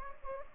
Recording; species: mosquito wingbeat signal from an infrared sensor; Anopheles gambiae